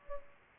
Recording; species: mosquito wingbeat signal from an infrared sensor; Culex pipiens